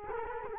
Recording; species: mosquito wingbeat signal from an infrared sensor; Culex quinquefasciatus